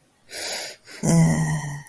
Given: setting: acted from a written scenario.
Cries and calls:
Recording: vocal sound without words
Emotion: sadness

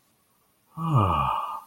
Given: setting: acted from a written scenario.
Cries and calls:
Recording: vocal sound without words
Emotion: contentment

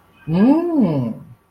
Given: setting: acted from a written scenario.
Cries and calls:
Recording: vocal sound without words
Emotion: desire

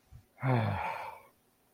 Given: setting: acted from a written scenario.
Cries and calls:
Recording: vocal sound without words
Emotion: shame

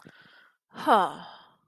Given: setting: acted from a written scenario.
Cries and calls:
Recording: vocal sound without words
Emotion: disappointment

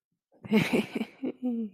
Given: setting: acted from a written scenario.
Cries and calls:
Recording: vocal sound without words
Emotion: triumph

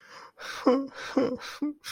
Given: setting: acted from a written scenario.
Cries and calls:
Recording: vocal sound without words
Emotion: sadness

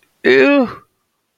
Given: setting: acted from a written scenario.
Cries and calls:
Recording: vocal sound without words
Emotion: distress

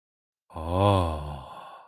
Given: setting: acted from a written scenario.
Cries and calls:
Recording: vocal sound without words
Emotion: romantic love

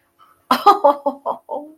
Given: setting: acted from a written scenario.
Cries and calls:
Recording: vocal sound without words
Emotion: amusement

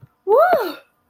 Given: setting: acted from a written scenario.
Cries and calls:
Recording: vocal sound without words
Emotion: elation

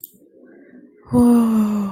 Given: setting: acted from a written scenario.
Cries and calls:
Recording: vocal sound without words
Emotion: serenity

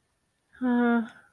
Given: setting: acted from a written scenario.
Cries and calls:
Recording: vocal sound without words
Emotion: disappointment

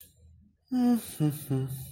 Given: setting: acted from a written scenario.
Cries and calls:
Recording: vocal sound without words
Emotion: neutral

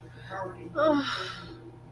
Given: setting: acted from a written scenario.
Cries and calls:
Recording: vocal sound without words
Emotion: guilt

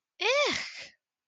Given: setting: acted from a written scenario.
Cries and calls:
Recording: vocal sound without words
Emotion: disgust

